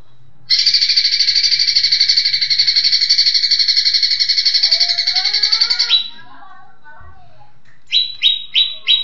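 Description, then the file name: Leafbird song: a long buzzy rattling trill lasting over five seconds, then after a pause a few sharp whistled notes. Song in the tembakan style, named as cililinan. "cucak ijo tembakan cililinan"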